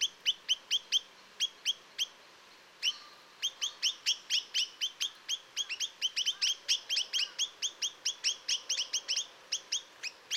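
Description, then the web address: Chinese nuthatch calls, quick sharp repeated notes in an uneven rapid series, several per second, over faint steady background hiss. "Chinese nuthatch. صدای-پرنده-کمرکولی-چینی"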